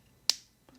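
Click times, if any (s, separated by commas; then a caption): 0.3 s. The slide back plate on the slide of a metal-frame M&P M2.0 pistol, during installation of an Apex flat-faced forward set trigger kit, is pushed up and snaps into place with one sharp, bright click at 0.3 s, followed by a much fainter tick at about 0.7 s. The back plate is seated and confirmed in place.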